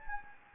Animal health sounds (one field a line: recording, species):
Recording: mosquito wingbeat signal from an infrared sensor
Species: Anopheles gambiae